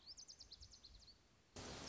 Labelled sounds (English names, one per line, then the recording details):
Lazuli Bunting
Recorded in Sonoma County, California